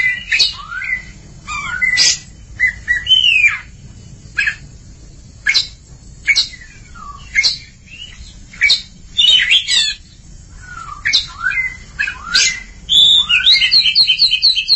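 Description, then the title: Oriental magpie-robin singing scattered phrases of sharp notes and slurred whistles, ending in a rapid, repeated trill of high notes. "Kacer Durasi Panjang"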